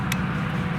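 A battery pack slides along the two rails of a thermal drone's rail mount and is pushed until it locks home, with a sharp, bright click at 0.1 s over a steady low hum. The battery is seated.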